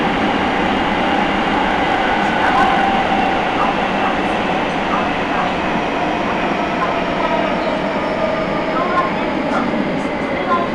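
Inside a Nagoya Municipal Subway Sakura-dōri Line train running from Taikō-dōri toward Tokushige, a dense, steady rushing roar fills the whole clip. The level barely changes, with faint brief squeals and ticks appearing over it, and a thin tone near the two-and-a-half-second mark.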